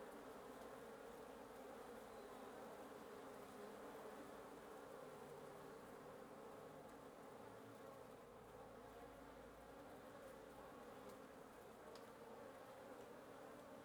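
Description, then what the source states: Wasps buzzing steadily, a low layered drone throughout. Wasp nest under the roof of the recordist's residence in Antigua Guatemala, Guatemala; recorded in the morning.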